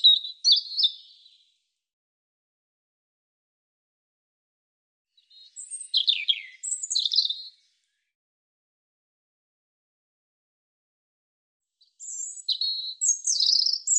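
European robin song: three short high warbling phrases of thin trills and slurred notes, separated by silent pauses of about four seconds.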